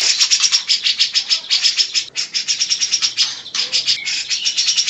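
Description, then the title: Grey-cheeked bulbul song: a dense, rapid run of harsh, scratchy chattering notes, closely repeated with brief pauses, continuing throughout. Long-duration masteran recording used for training birds. "Cucak Jenggot Masteran Durasi Panjang"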